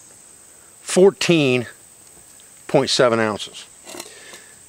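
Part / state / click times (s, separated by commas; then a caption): folding handle into skillet bracket / seated / 4.0 s. Someone talks as the folding handle of a Pathfinder 304 stainless steel skillet is swung into its bracket, over a steady high-pitched hiss. At 4.0 s the handle snaps into place with a sharp metallic hit, seating it in the bracket.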